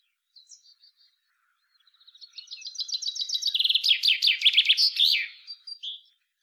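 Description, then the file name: Common chaffinch song: a few soft notes, then a trill of repeated notes that grows louder and ends in a loud flourish. "Fringilla coelebs"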